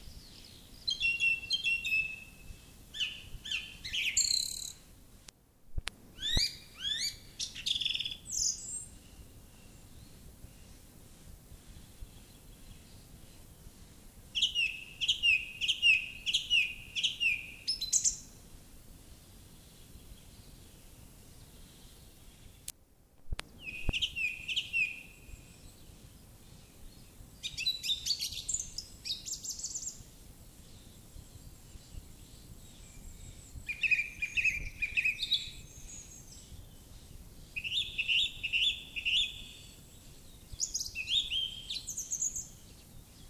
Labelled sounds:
Song Thrush (Turdus philomelos) song
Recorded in the wild
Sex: male
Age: adult
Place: Erlangen, Bayern, DE
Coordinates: 49.6086, 10.9697
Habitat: carr
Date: 1961-05-01
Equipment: Original, Vollspur
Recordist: Tretzel, Erwin

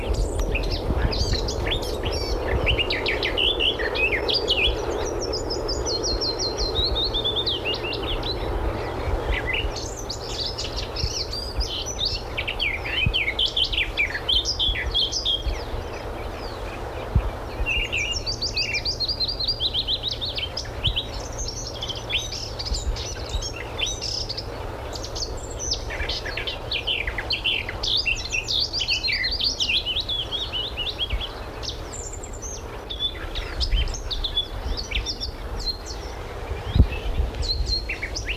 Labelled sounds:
Lesser Whitethroat (Sylvia curruca) song
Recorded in the wild
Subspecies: blythi
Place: Dümmer, Niedersachsen, DE
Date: 1985-05-18
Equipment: Halbspur, 9,5 cm/s
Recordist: Lütgens, Hans

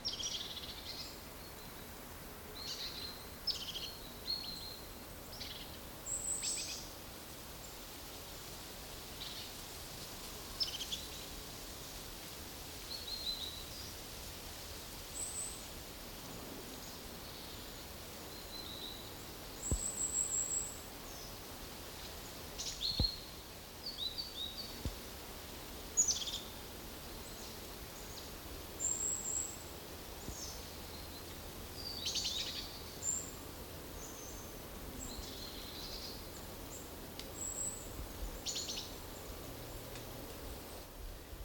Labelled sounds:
European Crested Tit (Lophophanes cristatus)
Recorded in the wild
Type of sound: song, call, call sequence
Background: Parus major
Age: adult
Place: Treuchtlingen, Naturpark Altmühltal, Bayern, DE
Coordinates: 48.96, 10.91
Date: 1993-09-22 10:39
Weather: diesig bis heiter
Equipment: Marantz CP 430, Sennheiser MKH 416 T, Kopie Uher Variocord 263
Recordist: Tembrock, Günter
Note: Diverse Lautformen

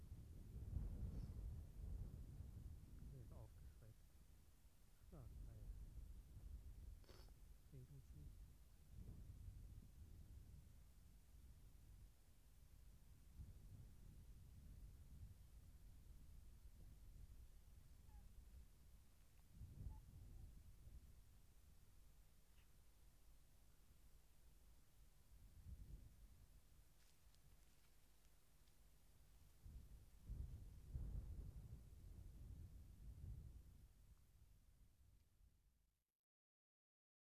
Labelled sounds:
Arctic Fox (Vulpes lagopus)
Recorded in the wild
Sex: female
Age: adult
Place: Insel Mednyi, Kommandeur-Inseln, RU
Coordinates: 54.5167, 168.083
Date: 1999-06-27 18:18
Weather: leichter Niesel, 5°C, stärkerer Wind aus Nordost
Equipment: Sony WM-D6C, Sennheiser MKH 70, Windkorb, Kopie Tascam DA 30
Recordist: Frommolt, Karl-Heinz
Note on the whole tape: Südosten der Insel, Haupttal: Polarfuchsfähe links Weiß/Weiß 31 hat geschlafen. Ich nähere mich bis auf 2 m. Das Tier steht auf, rekelt sich und äußert dabei leise Winsellaute

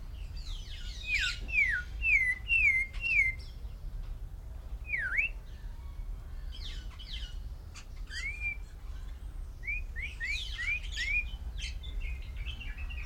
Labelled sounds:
Snowy-crowned Robin-Chat (Cossypha niveicapilla)
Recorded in captivity
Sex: male
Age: adult
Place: Zoo Berlin, Berlin, DE
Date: 1994-07-16 10:44
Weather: sonnig, 22-26°C
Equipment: Marantz CP 430, Sennheiser ME 80, Kopie Uher Variocord 263
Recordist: Tembrock, Günter

